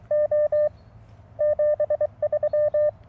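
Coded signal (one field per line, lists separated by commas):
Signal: Morse code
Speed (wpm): 26 wpm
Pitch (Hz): 590 Hz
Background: none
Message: O 73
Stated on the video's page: Received on a short vertical antenna: a 19 ft wire on a 6 m fishing pole with a 9:1 unun.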